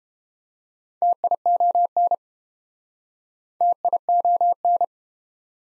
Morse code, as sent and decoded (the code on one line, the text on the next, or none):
- .. --- -. / - .. --- -.
TION TION